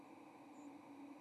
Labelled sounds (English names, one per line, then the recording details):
White-throated Sparrow flight call
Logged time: 08:06 on 30 October 2014